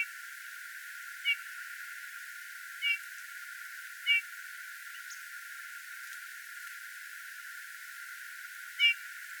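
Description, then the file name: Eurasian bullfinch calling with single soft, fluty piping notes, four of them at irregular intervals of roughly one to five seconds. "Pyrrhula pyrrhula"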